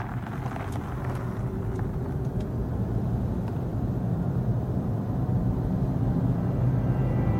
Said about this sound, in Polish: Tak brzmi elektryczne, zeroemisyjne BMW i3.